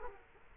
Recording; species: mosquito wingbeat signal from an infrared sensor; Culex quinquefasciatus